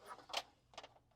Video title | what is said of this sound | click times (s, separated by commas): Lightpath LED Stacked Stand Setup Tutorial | So you'll take your cable, place it in either one there until it clicks. | 0.4 s